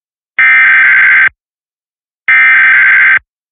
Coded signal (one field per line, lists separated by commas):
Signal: Emergency Alert System (SAME) tones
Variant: header bursts